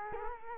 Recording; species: mosquito wingbeat signal from an infrared sensor; Culex quinquefasciatus